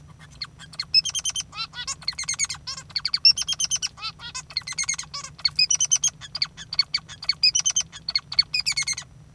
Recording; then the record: song of a male Bengalese finch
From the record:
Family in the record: father 3